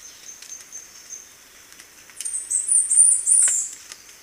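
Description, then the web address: Chestnut-capped brush finch calling with a burst of very high, thin, wavering notes late, with a steady high hum and soft clicks behind. Recorded in Ecuador. "Birds of Ecuador. Chestnut-capped Brush-Finch"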